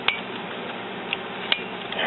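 Refillable ink cartridges from a continuous ink supply system are pressed down into the carriage of an Epson Expression Premium XP-600/XP-800 printer. Sharp clicks are heard at 0.1, 1.1, 1.5 and 1.9 seconds over a steady background hiss. The remaining cartridges click home and are seated.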